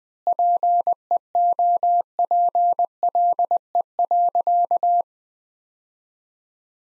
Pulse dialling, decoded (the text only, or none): none